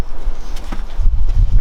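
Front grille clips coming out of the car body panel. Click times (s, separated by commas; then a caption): 0.7 s, 1.6 s. A flat-blade screwdriver levers the front grille of a classic Mini 1275 SPi, popping its clips out of the car body panel with sharp clicks at 0.7 s and 1.6 s over a steady low rumble. The grille comes off, and two anti-theft fixings didn't catch to hold it.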